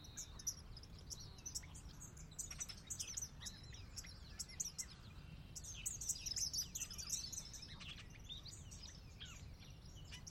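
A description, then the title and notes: An afternoon in the Sinlahekin Valley, with many birds chirping and calling throughout, their quick bright notes overlapping in a busy chorus that peaks around six to seven seconds. Beneath them runs a steady low rumble and rustle. Sinlahekin Valley afternoon. The valley itself is a 16 mile long, 1/2-mile wide glacier-dug trench near the Northeastern slope of the Cascades.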